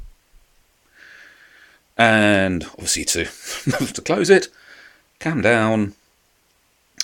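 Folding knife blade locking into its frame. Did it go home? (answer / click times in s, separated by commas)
yes / 7.0 s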